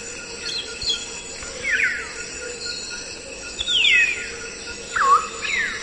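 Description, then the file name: Grey parrot making several slurred whistles, mostly falling, one ending in a short rising loop, irregularly spaced over a faint steady hum. "canto do papagaio cinzento"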